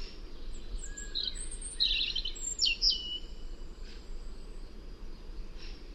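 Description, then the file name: European robin song, a short burst of high glittering notes and a sliding whistle, over a steady noisy background. "Erithacus rubecula"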